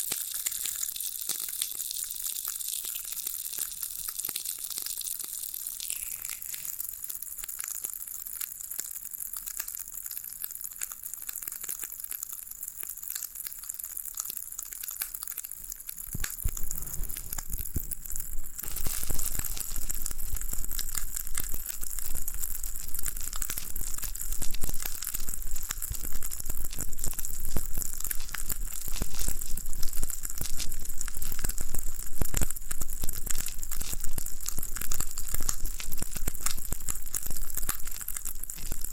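Floral foam crumbles in a dense, bright crackle, like a steady hiss of tiny snaps and scratches. At about sixteen seconds it grows louder and fuller, with heavier crunching and sharper pops that continue densely to the end.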